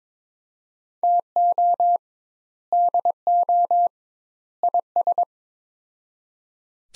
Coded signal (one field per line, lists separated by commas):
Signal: Morse code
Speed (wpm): 22 wpm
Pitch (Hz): 700 Hz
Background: none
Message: TO DO IS